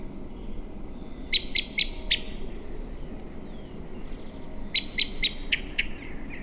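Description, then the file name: Common blackbird giving sharp, clicking calls in two quick bursts of four or five notes each, over a low steady background hum. "Turdus merula"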